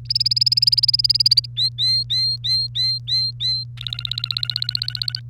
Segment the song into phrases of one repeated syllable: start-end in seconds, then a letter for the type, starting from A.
0.05-1.46 A, 1.56-3.64 B, 3.77-5.20 C